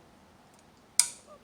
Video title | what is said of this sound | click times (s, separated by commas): how to bleed lifters on an sr20 (full detail) | go ahead and rotate it and now you'll hear it click so | 1.0 s